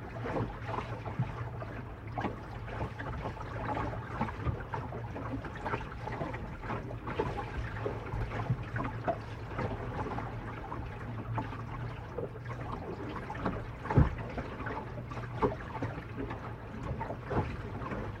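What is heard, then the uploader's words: Sailing sounds: a steady low engine-like hum beneath continuous splashing and trickling water, with small clicks and knocks, one sharper knock near fourteen seconds. The sounds of sailing II. Recorded with Sound Devices Mixpre 6ii and Sennheiser MKH 8020.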